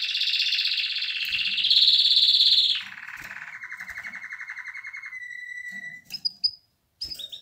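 Canary singing: a loud high trill, a brighter rolling phrase, then a lower even trill before a pause and a few sharp chirps.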